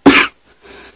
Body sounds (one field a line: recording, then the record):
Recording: coughing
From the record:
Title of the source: 64 coughing, allergies, singing lungs